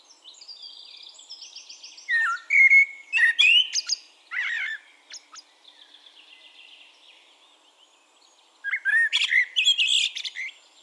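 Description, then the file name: Eurasian blackbird song: fluted warbled phrases ending in high squeaky twitters, given a few times with pauses, with faint high twittering in between. "Turdus merula"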